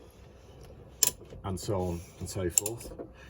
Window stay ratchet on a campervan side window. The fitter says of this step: push out on the window you will probably hear a click as it engages on the first position